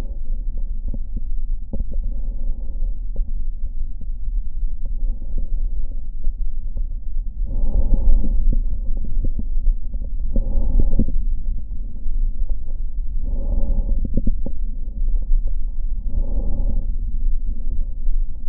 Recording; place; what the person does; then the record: lung sounds by stethoscope; right anterior apical chest; quiet breathing, then deep breathing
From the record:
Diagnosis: COPD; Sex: male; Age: 77 years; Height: 172 cm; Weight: 85.2 kg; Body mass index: 28.8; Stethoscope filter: diaphragm mode